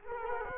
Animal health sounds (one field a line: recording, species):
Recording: mosquito wingbeat signal from an infrared sensor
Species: Culex quinquefasciatus